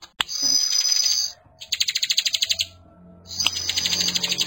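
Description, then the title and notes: Bar-winged prinia song, a thin high buzzy trill followed by a pulsing series of fast clicking notes, then another buzzy phrase. Bar-winged prinias singing in full, energetic voice, including young birds. "Kicau Ciblek. kumpulan suara burung ciblek gacor dan anakan"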